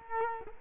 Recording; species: mosquito wingbeat signal from an infrared sensor; Culex quinquefasciatus